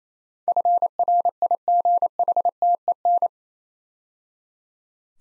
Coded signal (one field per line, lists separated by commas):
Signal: Morse code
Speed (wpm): 27 wpm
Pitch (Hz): 700 Hz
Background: none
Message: FRIGHTEN